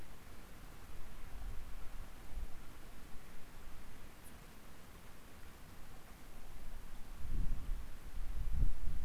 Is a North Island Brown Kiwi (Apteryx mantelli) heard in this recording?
no